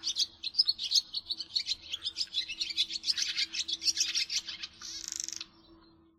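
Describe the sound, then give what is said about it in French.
Swallows twittering in a fast, continuous stream of high, bright chirps for several seconds, ending in a brief buzzy trill, over a faint steady low hum. “Un oiseau lié à la saison automnale.”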